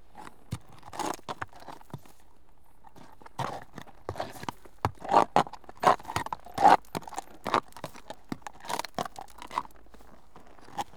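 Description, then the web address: Horse footsteps, irregular hoof strikes with a crunching, gravelly edge, growing louder toward the middle, then continuing more softly at an uneven pace. One horse walking, on approach. "BBC Sound Effects Library BBC 37-Horses. One horse walks on approach, on"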